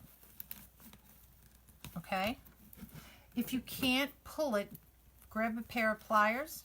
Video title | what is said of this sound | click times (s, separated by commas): Patriotic Cross Wreath | gonna pull it enough just so you start to hear the click on it okay | 0.4 s, 0.5 s, 0.9 s, 1.8 s